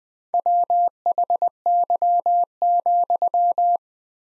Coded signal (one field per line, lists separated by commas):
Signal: Morse code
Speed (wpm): 20 wpm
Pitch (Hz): 700 Hz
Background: none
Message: WHY,